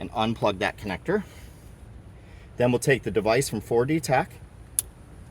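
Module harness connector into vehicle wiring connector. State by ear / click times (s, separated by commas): seated / 4.8 s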